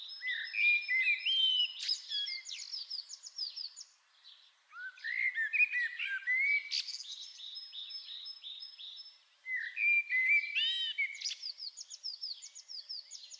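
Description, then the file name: Common blackbird song: three dense phrases of mellow whistles and high, chattering twitters, broken by brief silences. "Turdus merula"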